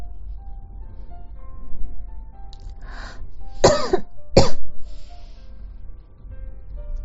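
A breathy lead-in followed by two sharp, harsh coughs over a low background hum, from an adult woman whose cough has not been getting better.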